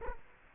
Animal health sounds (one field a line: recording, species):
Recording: mosquito wingbeat signal from an infrared sensor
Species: Culex quinquefasciatus